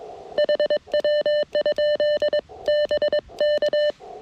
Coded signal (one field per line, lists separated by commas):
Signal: Morse code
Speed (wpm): 22 wpm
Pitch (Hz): 600 Hz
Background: none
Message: HW? BK